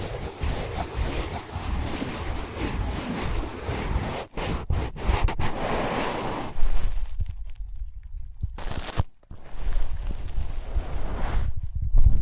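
Scratching and tracing on ear pads fill the first six seconds with a dense, bright rustle, broken by a few quick cutoffs around the four-to-five-second mark. After that the sound turns muffled and low, with a sharp bright scrape near nine seconds before the scratching returns.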